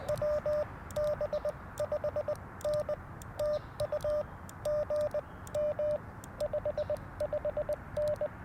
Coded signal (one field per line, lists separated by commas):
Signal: Morse code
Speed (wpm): 20 wpm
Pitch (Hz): 600 Hz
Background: radio noise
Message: WB5N TU GM 55N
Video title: FX-4CR First Impressions & Morning Morse Code - 11/21/2024